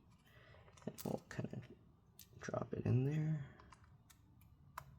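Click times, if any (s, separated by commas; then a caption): 4.8 s. A small screw is dropped into the plastic housing of a Sony WH-1000XM5 headphone during reassembly and turned backwards while someone talks. Faint ticks follow, then a sharp click at 4.8 s as the screw's thread drops into the original thread and seats.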